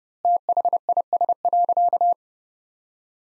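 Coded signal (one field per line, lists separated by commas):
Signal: Morse code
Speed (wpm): 30 wpm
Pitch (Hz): 700 Hz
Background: none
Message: THIS.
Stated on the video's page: Practice Morse at 30wpm, sentences from the top 400 words sent with 4x standard word spacing.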